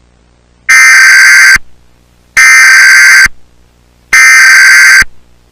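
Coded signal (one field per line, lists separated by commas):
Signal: Emergency Alert System (SAME) tones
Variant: header bursts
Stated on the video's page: Fictional mock EAS, a creator-made spinoff set in 1939 Seychelles.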